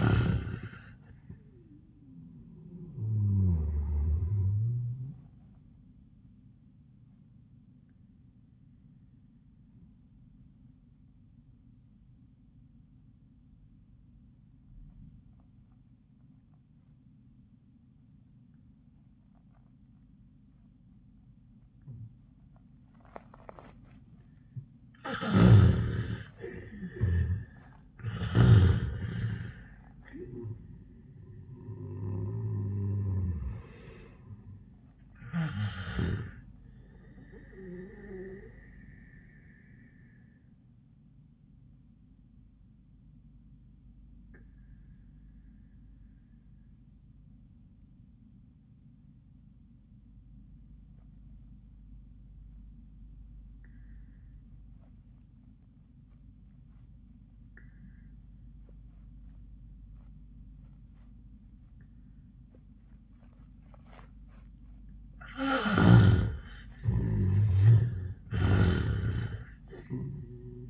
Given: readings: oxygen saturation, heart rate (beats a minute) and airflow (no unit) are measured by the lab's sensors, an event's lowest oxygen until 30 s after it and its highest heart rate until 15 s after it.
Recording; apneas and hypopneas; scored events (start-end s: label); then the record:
breathing in sleep by a smartphone at the bedside; 2
9.00-25.60 s: obstructive apnea (REM, oxygen 92% highest, then 71% lowest, heart rate 75 at the start, 98 highest)
18.00-70.69 s: new sleep stage, N1 (lightest sleep)
41.00-64.40 s: obstructive apnea (N1, oxygen 97% highest, then 69% lowest, heart rate 89 at the start, 93 highest)
From the record:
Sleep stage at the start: REM sleep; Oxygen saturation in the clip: 62 to 97%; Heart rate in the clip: 68 to 98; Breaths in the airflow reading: 4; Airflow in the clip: -25.0 to 11.8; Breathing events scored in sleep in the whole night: 400 in 8.7 hours asleep